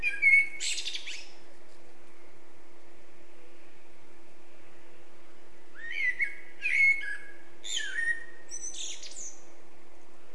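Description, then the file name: Eurasian blackbird song with a brief high twitter early, then after a quiet gap a longer phrase of rich warbled notes and squeaky high flourishes; steady background hum. "Turdus merula"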